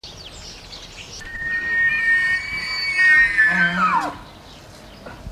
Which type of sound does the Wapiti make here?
call